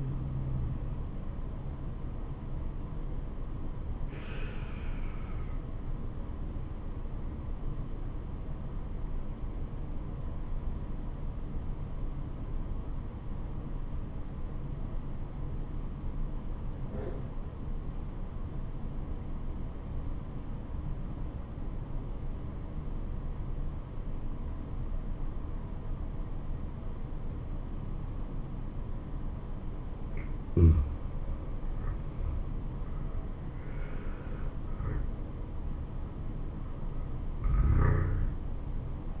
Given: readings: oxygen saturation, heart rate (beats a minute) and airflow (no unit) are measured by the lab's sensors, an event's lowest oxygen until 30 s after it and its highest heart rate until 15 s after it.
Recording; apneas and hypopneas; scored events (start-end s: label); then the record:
breathing in sleep by a smartphone at the bedside; 1
9.00-30.80 s: obstructive apnea (N2, oxygen 96% highest, then 85% lowest, heart rate 74 at the start, 79 highest)
From the record:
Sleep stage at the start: N2 (light sleep); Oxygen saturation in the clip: 85 to 96%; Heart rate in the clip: 67 to 79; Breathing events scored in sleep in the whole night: 426 in 7.4 hours asleep